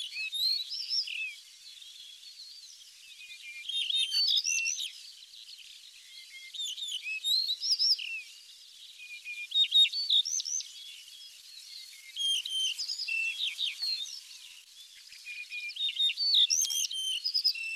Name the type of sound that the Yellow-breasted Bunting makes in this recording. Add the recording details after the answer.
song. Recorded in the wild. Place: Zha Long NSG, CN. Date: 1996-06-07. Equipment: Dat-Recorder Casio DA 7, Telinga DAT, Telinga-Parabolspiegel. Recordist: Schwarz, Dieter